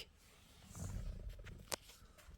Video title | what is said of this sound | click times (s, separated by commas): Speedometer needle stuck, instrument cluster removal, adjusting and cleaning... | put it in place put the connector in and just push it back until you hear that click | 1.7 s